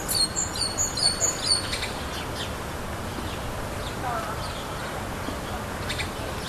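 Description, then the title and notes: Great tit song, a brisk sequence of about five high two-note phrases lasting under two seconds, followed by quiet background. Great tit's spring call. "Hummel Und Kohlmeise. Audioaufnahme einer Hummel +dem "Frühlingsruf der Kohlmeise""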